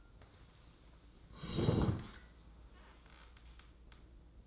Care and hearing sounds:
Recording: daily activity, microphone in the room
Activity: sit down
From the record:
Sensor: 3

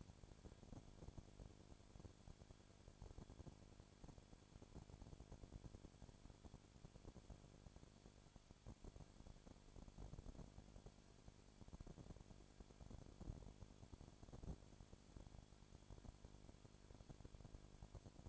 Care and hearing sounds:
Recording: daily activity, microphone in the room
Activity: no activity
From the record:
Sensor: 5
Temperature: 20.2 degrees Celsius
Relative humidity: 36.4%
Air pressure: 1001.2 hPa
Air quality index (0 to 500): 177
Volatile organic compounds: 4 ppm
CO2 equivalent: 1610 ppm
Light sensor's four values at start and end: 2/3/1/1 and 2/3/1/1

